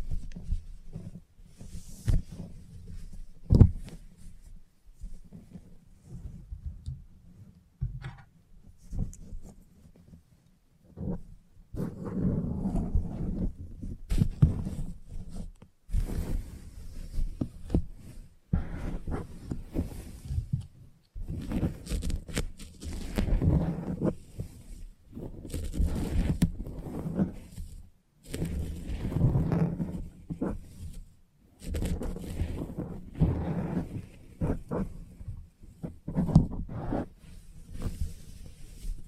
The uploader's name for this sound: Salon Haircut Head Massage, Scissors and Clipper